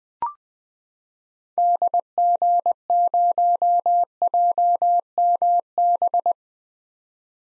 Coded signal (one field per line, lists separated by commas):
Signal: Morse code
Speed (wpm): 20 wpm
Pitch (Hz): 700 Hz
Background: none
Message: DG0JMB